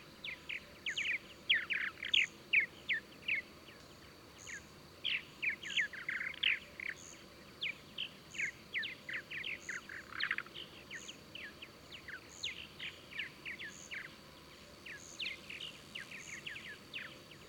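Bird song: a rapid, uneven stream of short sharp chirps and quick downward-sweeping notes, louder in bursts, over a steady high-pitched whine and faint regular high ticks.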